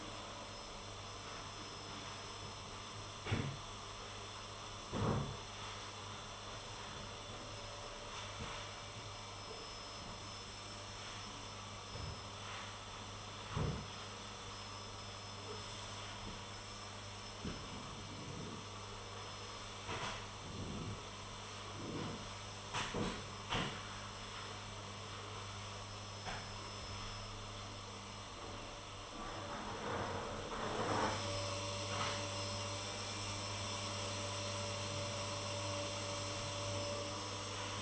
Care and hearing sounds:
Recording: daily activity, microphone in the room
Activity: vacuum cleaning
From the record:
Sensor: 4

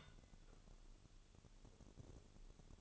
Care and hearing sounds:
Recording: daily activity, microphone in the room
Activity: take from stove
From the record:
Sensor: 4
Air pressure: 1008.7 hPa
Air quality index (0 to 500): 109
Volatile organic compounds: 1 ppm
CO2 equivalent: 807 ppm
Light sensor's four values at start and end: 10/22/9/8 and 10/22/9/8

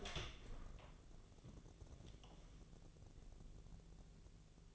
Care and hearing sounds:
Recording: daily activity, microphone in the room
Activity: open door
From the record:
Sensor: 4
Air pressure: 1001.2 hPa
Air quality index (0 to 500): 184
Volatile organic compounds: 2 ppm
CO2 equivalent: 1314 ppm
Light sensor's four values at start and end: 17/39/16/16 and 15/34/14/14

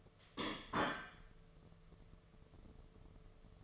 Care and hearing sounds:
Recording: daily activity, microphone in the room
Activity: place plate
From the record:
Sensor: 4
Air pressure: 1016.0 hPa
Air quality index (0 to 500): 208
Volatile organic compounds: 13 ppm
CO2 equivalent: 2389 ppm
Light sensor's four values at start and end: 15/34/14/14 and 16/37/15/16

